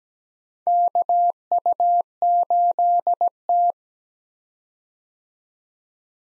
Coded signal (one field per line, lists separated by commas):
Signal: Morse code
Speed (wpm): 17 wpm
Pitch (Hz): 700 Hz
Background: none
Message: KU8T